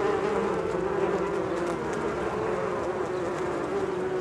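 Bees buzzing constantly, an even swarm drone holding the same pitch from start to end.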